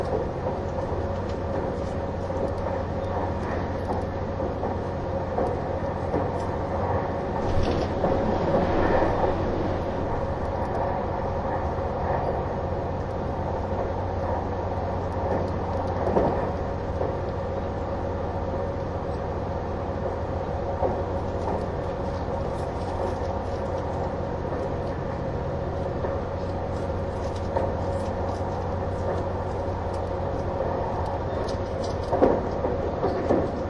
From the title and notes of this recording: HC85系 ひだ01号(グリーン車). 名古屋～高山. グリーン車の静粛な空間ながらエンジン音とモーター音のバランスが抜群で. 列車走行音. A great balance between the engine sound and the motor sound in a quiet space of the green car.